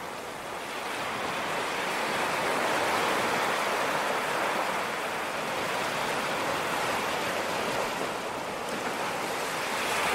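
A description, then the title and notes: Gentle ocean waves wash onto a beach in a steady, dense hiss of churning water. The surf swells slightly louder around the middle and again near the end, with no sharp crashes standing out. A soft rush of wind sits underneath. Ocean Waves Crashing On Beach. Gentle ocean waves crashing on the beach.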